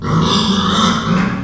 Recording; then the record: squeal of a Yucatan mini pig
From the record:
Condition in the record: after surgery on the right vocal fold (resection and tissue-engineered implant); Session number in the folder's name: 16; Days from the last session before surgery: 183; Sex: female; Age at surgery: 19 weeks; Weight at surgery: 25 kg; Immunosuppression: prednisolone